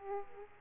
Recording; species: mosquito wingbeat signal from an infrared sensor; Aedes aegypti